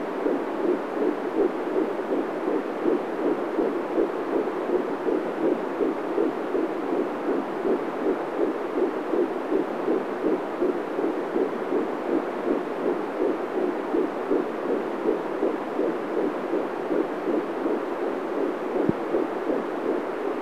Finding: Heart Beat.